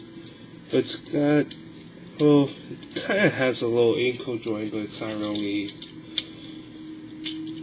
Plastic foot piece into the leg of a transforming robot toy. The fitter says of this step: Buffy snap into place though that's pretty good now